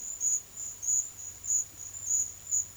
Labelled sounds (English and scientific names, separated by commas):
none